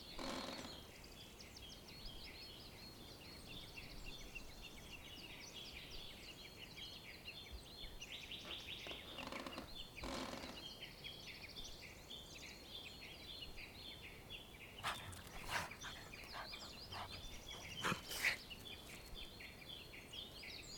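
Birds sing steadily outside a wooden cabin, their chirps and trills packed densely in a bright, high band throughout. Beneath them a soft, low room hush holds even, broken by a few brief sharp knocks or creaks near the start, around ten seconds, and between fifteen and eighteen seconds.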